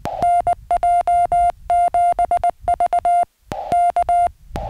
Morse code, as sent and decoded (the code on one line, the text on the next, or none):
-. .--- --... ...- / -.-
NJ7V K